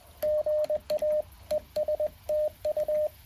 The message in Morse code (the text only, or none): GA ES TU